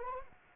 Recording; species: mosquito wingbeat signal from an infrared sensor; Anopheles arabiensis